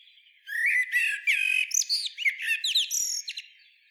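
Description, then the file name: Common blackbird singing one continuous phrase of fluty notes that run into rapid high twittering and squeaky notes, lasting about three seconds. "Turdus merula"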